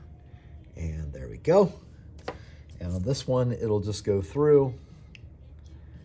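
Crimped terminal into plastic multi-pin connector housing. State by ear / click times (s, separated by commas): seated / 5.2 s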